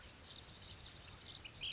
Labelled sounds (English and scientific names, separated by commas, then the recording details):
Ash-throated Flycatcher (Myiarchus cinerascens)
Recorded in Sonoma County, California